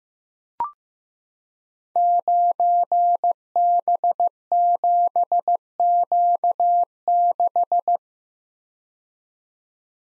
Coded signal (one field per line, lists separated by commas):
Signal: Morse code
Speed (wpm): 15 wpm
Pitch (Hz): 700 Hz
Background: none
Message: 9B7Q6